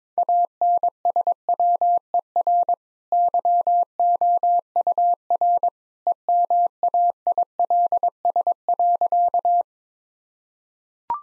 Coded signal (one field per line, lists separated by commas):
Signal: Morse code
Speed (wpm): 21 wpm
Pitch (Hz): 700 Hz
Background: none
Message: ANSWER YOUR EMAILS.